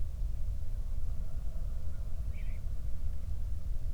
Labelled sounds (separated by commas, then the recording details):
bird, wind
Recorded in the Prudhoe Bay oil fields, Alaska, on 31 July 2019 at 08:36
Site 24